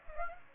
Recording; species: mosquito wingbeat signal from an infrared sensor; Aedes aegypti